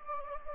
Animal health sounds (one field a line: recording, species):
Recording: mosquito wingbeat signal from an infrared sensor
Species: Anopheles gambiae